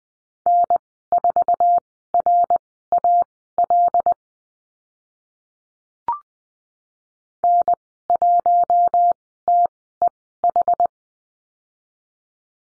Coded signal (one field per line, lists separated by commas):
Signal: Morse code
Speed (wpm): 20 wpm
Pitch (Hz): 700 Hz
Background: none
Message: N4RAL N1TEH